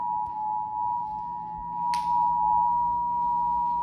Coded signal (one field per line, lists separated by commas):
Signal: Emergency Alert System (SAME) tones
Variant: 853 and 960 Hz attention tone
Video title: EAS required monthly test (recorded 2020 05-04)